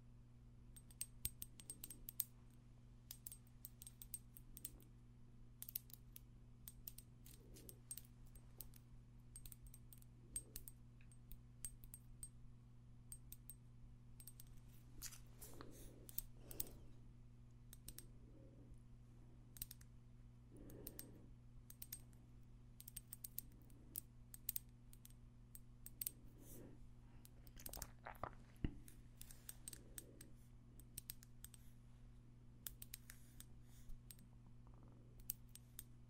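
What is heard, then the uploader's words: Light, crisp tapping with a metallic click, sharp taps coming in irregular bursts through the whole clip and denser around the middle and near the end. A steady low hum runs underneath without change. ASMR Extra Tingly Tapping No Talking.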